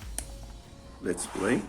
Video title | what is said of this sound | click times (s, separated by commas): You can still use your Old audio Headphones with a cellphone with no 3.5mm jack (HOTEC Audio Adapter | and I'm going to connect this and make sure it clicks | 0.2 s